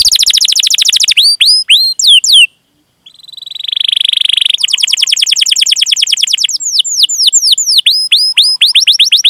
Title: Kenari Gacor Cengkok Terbaik Isian Paling Mewah